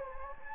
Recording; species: mosquito wingbeat signal from an infrared sensor; Anopheles gambiae